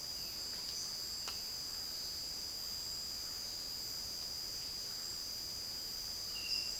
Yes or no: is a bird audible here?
no